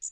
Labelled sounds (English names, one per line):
Magnolia Warbler flight call